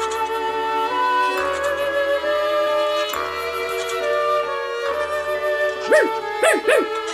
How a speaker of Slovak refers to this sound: Aha, pán psíček, dobré ráno. Brechol trikrát na znak toho, že by sa rád, keby mohol, vozil na metle aj dnes.